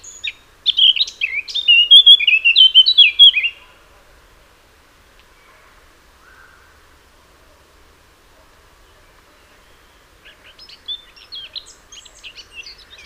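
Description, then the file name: Eurasian blackcap song: a brisk varied warble of about three seconds, then a long pause before faint twittering follows. "Sylvia atricapilla"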